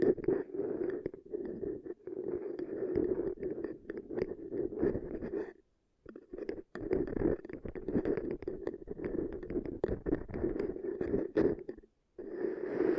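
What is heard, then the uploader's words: Dense scratching and rubbing, as from ear extension triggers, fill the clip with a muffled mid-range rustle peppered with tiny crisp clicks. The sound runs steadily but cuts to silence around the sixth second and again briefly near the twelfth. ASMR Brain Melting Ear Extension Triggers for Sleep (No Talking).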